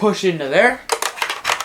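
Someone talks, then plastic shells for a Nerf Zombie Strike Sledgefire toy blaster are handled and pushed into the triangular storage compartment on the stock, giving sharp plastic knocks at about 1.1, 1.2 and 1.6 seconds. Nothing has seated or clicked into place yet.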